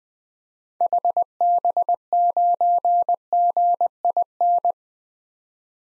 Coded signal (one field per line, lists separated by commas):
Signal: Morse code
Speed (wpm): 21 wpm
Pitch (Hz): 700 Hz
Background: none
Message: HB9GIN